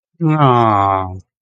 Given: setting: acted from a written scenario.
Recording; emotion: vocal sound without words; adoration